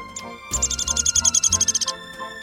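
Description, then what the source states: Downy Woodpecker whinny, a rapid series of many high squeaky notes running for over a second. Call repeated for comparison with the Hairy Woodpecker; the source describes it as soft and downy, like a duvet.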